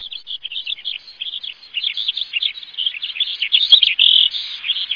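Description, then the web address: Bird twittering nonstop in quick, high, squeaky chirps that tumble over one another for the whole stretch, with one brief low thump near the end. Recorded in Higashiosaka, Japan. "higashiosaka bird koe"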